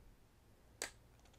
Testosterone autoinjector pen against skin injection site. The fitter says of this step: once you hear the click you let go and that's it testosterone was injected